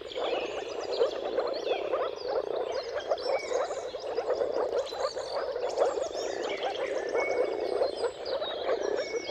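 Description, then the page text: Moor frogs calling together in a continuous low, watery bubbling, accompanied by scattered whistled bird notes and trills. Mating calls of a moor frog chorus recorded at sunrise, at the turn of March and April, timing depending on the weather. "Jakub-Orzecki moor frogs. Dawn’s Chorus: Mating Calls of Marsh Frogs at Sunrise. Depending on the weather at the turn of March and April, you can witness an amazing spectacle of moor frogs"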